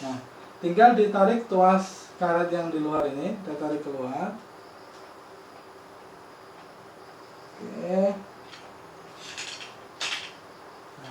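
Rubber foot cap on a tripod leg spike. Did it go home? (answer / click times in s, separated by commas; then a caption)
released / 10.0 s. Someone talks while pulling the outer rubber lever on a tripod leg outward, with quieter handling sounds in between. The rubber foot cap on the leg clicks off at 10.0 s, releasing and exposing the sharp metal spike.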